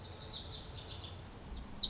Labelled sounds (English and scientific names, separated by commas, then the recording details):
Lazuli Bunting (Passerina amoena)
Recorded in Sonoma County, California